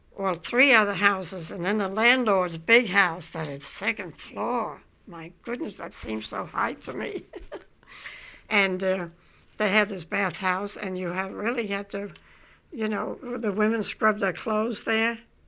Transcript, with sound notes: well three other houses and then the landlord's big house that had second floor! My goodness that seemed so high to me. (She laughs.) And they had this bath house and you really had to, you know, the women scrubbed their clothes there